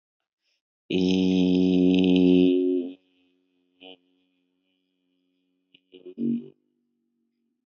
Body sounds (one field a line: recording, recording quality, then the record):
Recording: sustained vowel as in beet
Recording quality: excellent, no background noise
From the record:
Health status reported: healthy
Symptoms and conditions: none ticked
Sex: male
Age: 29 years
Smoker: not ticked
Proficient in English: yes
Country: India